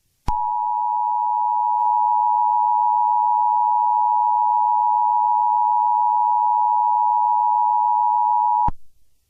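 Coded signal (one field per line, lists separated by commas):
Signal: Emergency Alert System (SAME) tones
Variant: 853 and 960 Hz attention tone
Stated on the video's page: Fictional EAS scenario based on a historic cold-front event, not a real alert.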